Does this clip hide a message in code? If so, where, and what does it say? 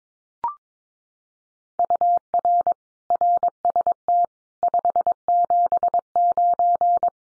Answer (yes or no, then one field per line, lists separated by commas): yes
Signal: Morse code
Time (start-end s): 1.8-7.1 s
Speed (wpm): 22 wpm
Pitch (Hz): 700 Hz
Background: none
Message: UR RST 579